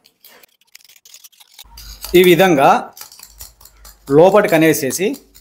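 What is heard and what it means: A screwdriver pushes the metal inner spark mechanism part of a kitchen gas lighter back into its housing, with small light metallic taps and scrapes heard between bursts of someone talking. The clip ends before the part goes home, so nothing has seated or locked yet.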